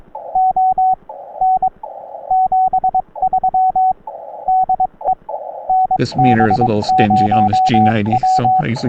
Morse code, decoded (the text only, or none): O N 73 DE NB0W